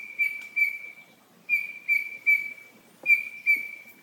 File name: Heteromyias Cinereifrons